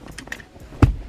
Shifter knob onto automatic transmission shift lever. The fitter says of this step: Make sure you push down until you hear it click in place so that way it won't come out.